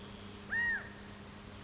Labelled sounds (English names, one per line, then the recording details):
California Quail
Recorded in Sonoma County, California